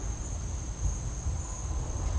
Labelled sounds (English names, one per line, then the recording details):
none
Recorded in dense forest near Puerto Asís, Putumayo, Colombia, on 20 December 2024 at 10:00
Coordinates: 0.481, -76.323
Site G100